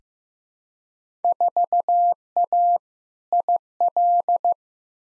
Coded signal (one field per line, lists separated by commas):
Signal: Morse code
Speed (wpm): 15 wpm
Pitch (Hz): 700 Hz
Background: none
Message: 4A IL